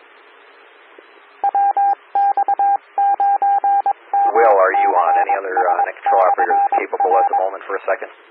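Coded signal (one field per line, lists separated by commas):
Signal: Morse code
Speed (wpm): 22 wpm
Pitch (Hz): 800 Hz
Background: speech, radio noise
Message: WX9MCS/R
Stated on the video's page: Morse ident of a 147.255 MHz SKYWARN repeater.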